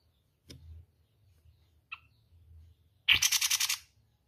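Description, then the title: Spiderhunter delivering one loud, grating rattle of quick pulses near the end, after faint soft chips and a low hum. Long, clear, continuous singing, recorded as tutor audio for training other birds. "Pijantung Gunung Gacor Jernih Panjang"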